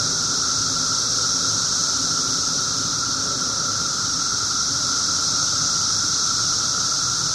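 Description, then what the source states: Periodical cicadas filling the air with a steady, shrill buzzing wall of sound and a low droning tone beneath, no pauses. 17-year cicadas, several together; recorded 24 June 2007 at 1:30 pm.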